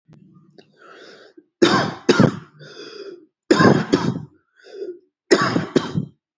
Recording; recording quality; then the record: heavy voluntary cough; excellent, no background noise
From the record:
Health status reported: healthy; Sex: male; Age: 24 years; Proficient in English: yes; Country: India